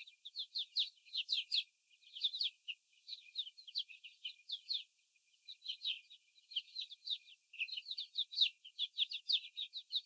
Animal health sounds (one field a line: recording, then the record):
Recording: young laying hens in a cage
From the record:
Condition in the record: after the stressor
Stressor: sudden umbrella opening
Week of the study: 3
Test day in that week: 2